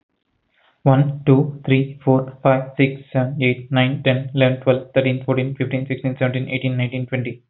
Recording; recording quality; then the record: counting at a fast pace; excellent, no background noise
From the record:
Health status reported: healthy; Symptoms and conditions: none ticked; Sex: male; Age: 30 years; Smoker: not ticked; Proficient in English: yes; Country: India